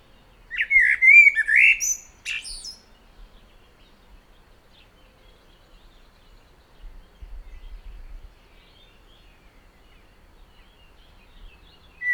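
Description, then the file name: Common blackbird gives a brief fluty warble with sharp high squeaks, followed by a long quiet stretch with faint low rumbles. "Turdus merula"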